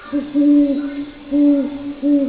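Great horned owl hoots, three deep, steady notes, evenly spaced.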